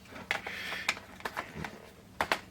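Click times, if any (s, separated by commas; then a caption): 0.3 s, 2.2 s. A microswitch is pushed straight into an arcade push-button housing in a control box, popping in without any twisting. Sharp snaps ring out at 0.3 s and 2.2 s, among a few softer clicks and handling noises. The switch snaps into place and is seated.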